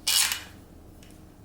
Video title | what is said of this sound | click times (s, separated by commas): Surefire SOCOM 556 RC2 Suppressor- Unboxing and First Impressions | Goes on, you hear it click into place. | 1.0 s